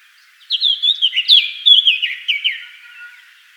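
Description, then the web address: Eurasian blackcap song phrase, a brisk run of chattering notes that turns into rich, clear whistles and then trails off. "SETE data Sylvia atricapilla"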